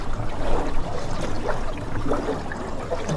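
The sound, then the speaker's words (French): Steady watery ambience of a harbor in Brittany, France, at 6:30 on a cool morning: soft lapping and trickling sounds over a low, continuous rumble, fairly even in loudness with small splashy accents throughout. “6h30, frais matin dans un port de Bretagne.”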